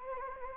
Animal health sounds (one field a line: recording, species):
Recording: mosquito wingbeat signal from an infrared sensor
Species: Anopheles gambiae